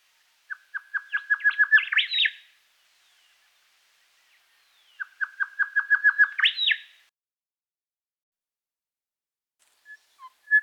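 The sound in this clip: Grey shrike-thrush song: two matching phrases, each a string of repeated whistled notes ending in a strong rising note, a few seconds apart.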